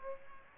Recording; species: mosquito wingbeat signal from an infrared sensor; Aedes aegypti